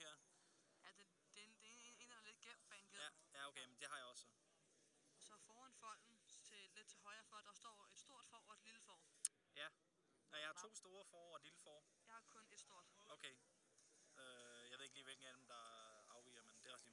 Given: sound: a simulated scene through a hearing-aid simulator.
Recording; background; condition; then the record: conversation; quiet; 55 dB SPL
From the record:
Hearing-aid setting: IV (slow-acting compression, loudness normalization); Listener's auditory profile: C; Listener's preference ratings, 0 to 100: 82, 71, 39